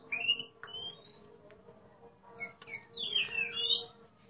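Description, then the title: Oriental magpie-robin giving a few drawn-out whistles, then a swirling whistled phrase near the end, over a steady electrical-sounding hum. Competition bird singing in the ngeplong style, described as gacor (singing abundantly) and a national champion. "burung berkicau Kacer Ngeplong gacor Juara Nasional. burung Kacer"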